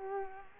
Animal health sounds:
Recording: mosquito wingbeat signal from an infrared sensor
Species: Culex quinquefasciatus

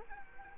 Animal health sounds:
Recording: mosquito wingbeat signal from an infrared sensor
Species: Culex quinquefasciatus

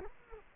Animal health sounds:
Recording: mosquito wingbeat signal from an infrared sensor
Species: Culex quinquefasciatus

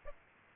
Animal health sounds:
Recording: mosquito wingbeat signal from an infrared sensor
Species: Aedes aegypti

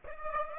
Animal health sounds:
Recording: mosquito wingbeat signal from an infrared sensor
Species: Aedes aegypti

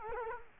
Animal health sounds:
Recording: mosquito wingbeat signal from an infrared sensor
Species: Culex quinquefasciatus

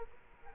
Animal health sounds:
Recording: mosquito wingbeat signal from an infrared sensor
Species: Culex quinquefasciatus

